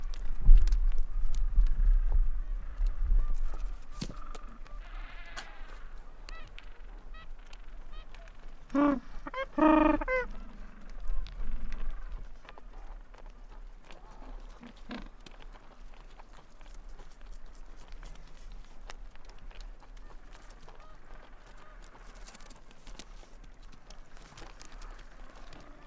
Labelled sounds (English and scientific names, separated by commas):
Gentoo Penguin (Pygoscelis papua) call